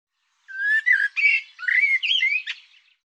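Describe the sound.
Bird song, a single phrase of warbled whistles that slide up and down, with buzzy notes mixed in, lasting about two and a half seconds.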